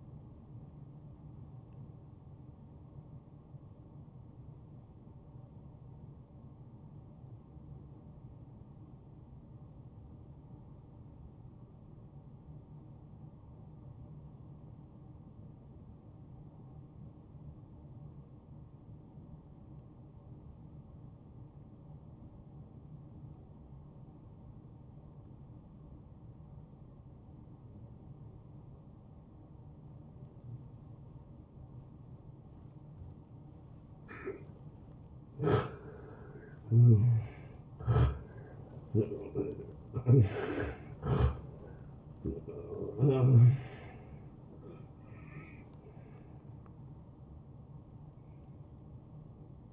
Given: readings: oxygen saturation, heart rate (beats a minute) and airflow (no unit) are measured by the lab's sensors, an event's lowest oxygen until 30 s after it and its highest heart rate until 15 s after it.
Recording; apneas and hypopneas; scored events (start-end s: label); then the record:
breathing in sleep by a smartphone at the bedside; 1
4.00-31.60 s: obstructive apnea (N1, oxygen 94% highest, then 85% lowest)
8.00-38.00 s: new sleep stage, N2 (light sleep)
38.00-49.73 s: new sleep stage, N1 (lightest sleep)
From the record:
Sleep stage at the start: N1 (lightest sleep); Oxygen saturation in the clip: 85 to 94%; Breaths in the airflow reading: 7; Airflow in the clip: -16.6 to 9.3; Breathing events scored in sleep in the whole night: 263 in 5.5 hours asleep